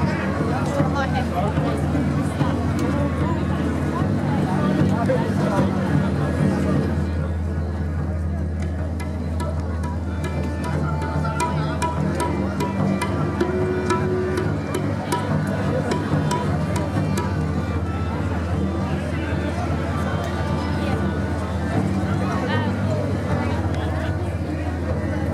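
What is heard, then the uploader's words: Crowd noise at a Vaisakhi celebration in Gravesend, with voices talking over a steady low rumble like passing traffic. The mix stays dense and constant throughout, with scattered sharp clicks and knocks and a brief tone near the middle. Vaisakhi Celebrations held in Gravesend. Attended by 1000's of people from across all communities in the area.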